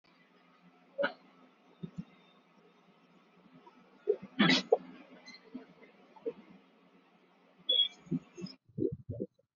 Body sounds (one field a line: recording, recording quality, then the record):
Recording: counting at a normal pace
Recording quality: poor, much background noise or distortion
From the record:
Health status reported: exposed to COVID-19, no respiratory illness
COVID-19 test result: negative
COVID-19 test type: RT-PCR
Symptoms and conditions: cough, fatigue, muscle pain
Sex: female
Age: 27 years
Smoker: no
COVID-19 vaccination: both doses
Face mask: worn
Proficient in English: yes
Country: India